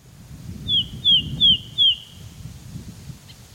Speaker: Well, here's a sultan tit singing and calling in the rainforests of northern Vietnam.